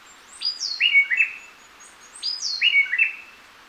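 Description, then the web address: Gray-breasted wood-wren singing two short phrases of clear whistles, each a high slurred note dropping into lower warbled notes, separated by a brief pause. Recorded in lower subtropical zone of Ecuador. "Birds of Ecuador. Gray-breasted Wood-Wren"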